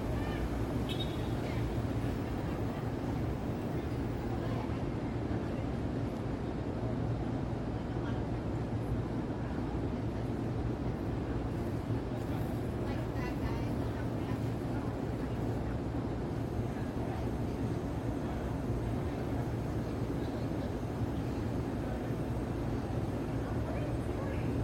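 Traffic in Midtown New York City at night rumbles on without a break, a dense low roar of engines that stays at a steady level for the whole stretch. Faint voices mix into the din, and no single sound stands out clearly above it.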